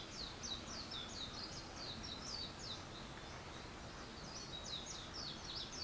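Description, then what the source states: Bird chirping with quick high notes in two busy bursts separated by a short lull, with steady hiss behind. Wild birds; 21 April 2023.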